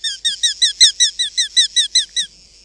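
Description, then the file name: Eurasian hobby call: a rapid series of many sharp, high, downslurred kew notes, with one brief click midway, then quiet. "Larkfalk"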